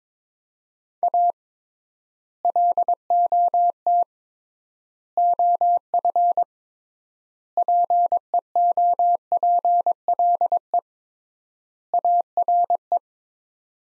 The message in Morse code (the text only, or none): A LOT OF PEOPLE ARE